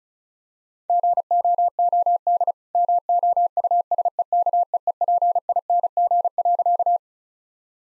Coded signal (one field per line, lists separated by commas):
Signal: Morse code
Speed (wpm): 34 wpm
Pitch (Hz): 700 Hz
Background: none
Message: GOOD MOUSEKEEPING.